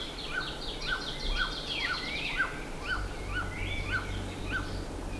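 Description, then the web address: Bird calling in a steady series of short clipped notes about twice a second, with busy higher twittering above. "BIRD 2015 SABIOD 50 bird 2015"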